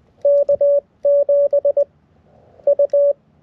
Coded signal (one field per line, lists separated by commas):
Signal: Morse code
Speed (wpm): 20 wpm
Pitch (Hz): 570 Hz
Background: none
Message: K7 U